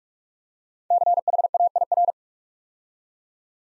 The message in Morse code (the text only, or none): CHAIR